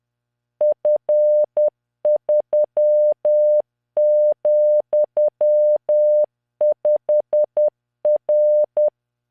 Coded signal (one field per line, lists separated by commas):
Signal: Morse code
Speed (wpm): 10 wpm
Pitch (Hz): 600 Hz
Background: none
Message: F3,5R